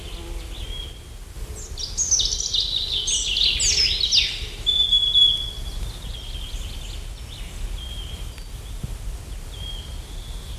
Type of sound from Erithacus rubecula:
song